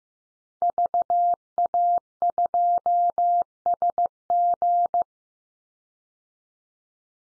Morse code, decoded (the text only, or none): VA2SG